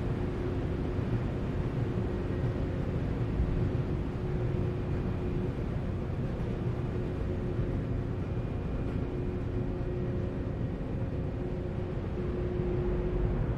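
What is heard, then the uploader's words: A ferry's rear car deck rumbles with a steady, dense low engine drone and a faint sustained hum, unchanging throughout. Seattle Inbound Rear Car Deck Launch Stereo. A days' worth of round-trips on the Seattle-Bainbridge Island Ferry, nearly all short fore-and-aft from then passenger and car decks.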